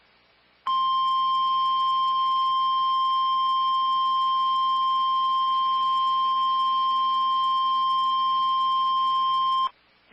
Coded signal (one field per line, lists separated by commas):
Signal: Emergency Alert System (SAME) tones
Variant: 1050 Hz attention tone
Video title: SVRS That Made My Editing Hard| EAS Alerts From 7/8/-7/9/2020 (EAS #47-51)